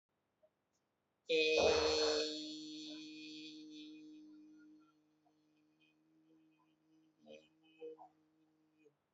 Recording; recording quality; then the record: sustained vowel as in beet; excellent, no background noise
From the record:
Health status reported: exposed to COVID-19, no respiratory illness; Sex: male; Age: 29 years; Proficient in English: yes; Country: India